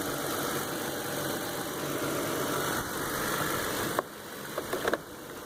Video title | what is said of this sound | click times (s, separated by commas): water pump replacement 2007 Lexus RX350. How to change water pump. | and snap into place | 4.0 s, 4.9 s